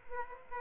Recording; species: mosquito wingbeat signal from an infrared sensor; Aedes aegypti